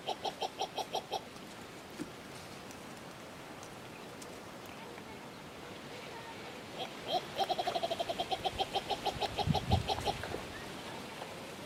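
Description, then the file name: Ruspoli's turaco song, a short burst of rapid gruff notes, then a longer series of many repeated croaking notes, with a low thump underneath. "Canto do turaco de ruspoli"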